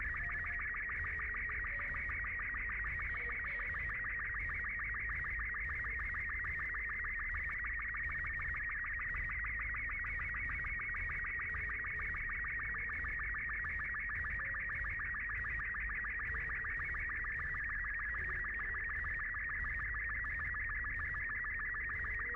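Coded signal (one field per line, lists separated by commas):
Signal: SSTV (slow-scan television)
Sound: warbling, chirping whistle around 2 kHz with rapid regular ticks, steady for 22 seconds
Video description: A hidden radio SSTV signal i found in the bonus level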